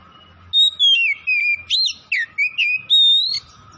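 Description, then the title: Oriental magpie-robin song: a run of sweet whistled notes swooping up and down, ending on a long rising note, over faint low background noise. Tretes; singing vigorously, described as gacor. "Kacer Tretes"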